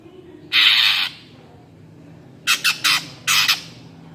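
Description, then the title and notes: Greater green leafbird gives a long harsh rasping burst, then a few short grating notes in quick succession after a pause. Bird singing vigorously (gacor) in ngentrok style with crest raised; recording meant as a master track for training caged greater green leafbirds. "Cucak Ijo Gacor Ngentrok Jambul Nembak. suara burung cucak ijo gacor, merdu cocok buat masteran burung cucak ijo"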